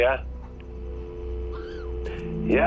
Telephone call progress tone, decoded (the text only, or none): dial tone